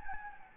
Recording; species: mosquito wingbeat signal from an infrared sensor; Anopheles gambiae